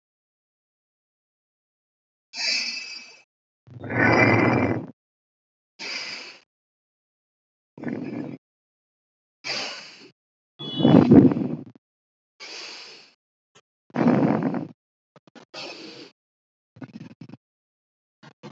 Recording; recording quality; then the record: deep breathing; excellent, no background noise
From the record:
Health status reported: healthy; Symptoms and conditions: none ticked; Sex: female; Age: 23 years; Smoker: not ticked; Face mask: not worn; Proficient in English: yes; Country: India